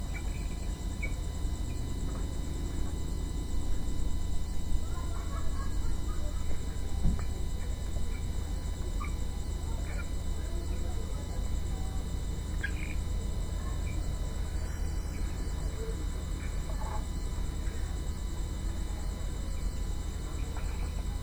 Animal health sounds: poultry house recording; healthy chickens

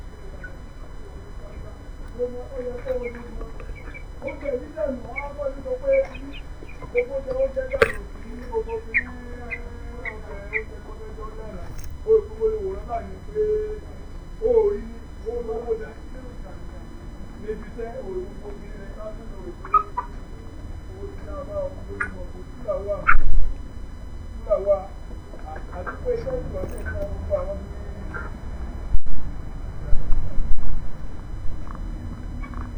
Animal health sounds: poultry house recording; background noise or bird activity such as feeding and pecking

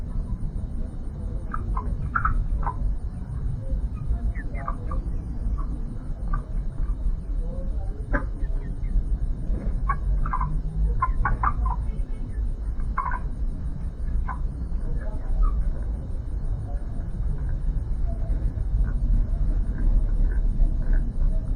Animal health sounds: poultry house recording; healthy chickens

